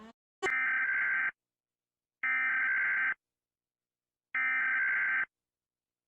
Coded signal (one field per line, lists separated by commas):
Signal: Emergency Alert System (SAME) tones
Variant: header bursts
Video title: Rating EAS Alarms part 5 (message at beginning)